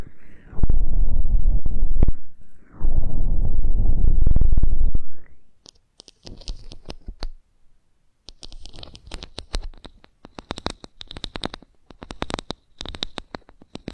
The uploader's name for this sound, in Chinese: 采耳酥麻耳部按摩